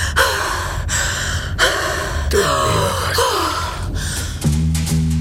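A woman pants heavily in rapid, ragged breaths, each one a loud, harsh rush of air, some catching into voiced, strained gasps toward the end.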